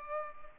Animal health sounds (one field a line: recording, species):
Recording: mosquito wingbeat signal from an infrared sensor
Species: Culex pipiens